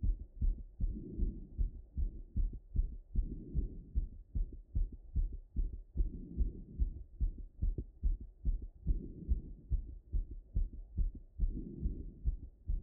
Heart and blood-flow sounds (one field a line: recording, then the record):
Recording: heart sounds by stethoscope after running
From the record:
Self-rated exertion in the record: light exertion (2 of 6)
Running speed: 6 mph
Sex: female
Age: 20 years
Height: 160 cm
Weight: 56 kg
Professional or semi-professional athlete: no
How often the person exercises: 3 to 5 times a week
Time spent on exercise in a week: 3 to 4 hours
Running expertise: yes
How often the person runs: 1 to 2 times a week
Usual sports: running, swimming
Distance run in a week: 15 km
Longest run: 20 km